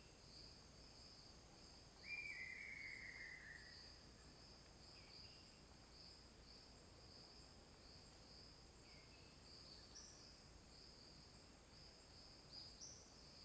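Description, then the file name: Crickets chirping: a steady, high-pitched trilling drone runs throughout, with a single drawn-out bird note early on and a few faint bird notes later. Forest ambience with crickets and an isolated bird song. "Ambiente na floresta com grilos e canto de passaro isolado"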